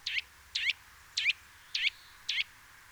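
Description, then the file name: Eurasian nuthatch uttering five harsh, forceful call notes, evenly spaced about every half second. "Sitta europaea"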